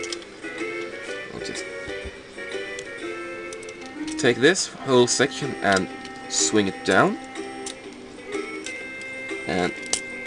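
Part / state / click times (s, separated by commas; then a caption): plastic body section of a transforming toy locking into its joint / seated / 9.9 s. A plastic body section of a transforming toy is swung down during its transformation while someone talks over background music. The section locks into its joint with a sharp click at 9.9 seconds and is seated.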